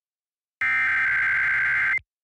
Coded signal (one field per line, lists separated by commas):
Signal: Emergency Alert System (SAME) tones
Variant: header bursts